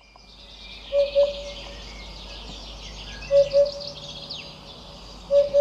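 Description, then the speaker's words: Eurasian hoopoe calling: low, hollow double hoots, three pairs about two seconds apart, over a high background hiss. Low hoop hoop hoop call, a loud oop in sets of three, after which the bird is named. "the hoopoe is named after its vocalisations. It can sound like it's making a low hoop, hoop, hoop noise."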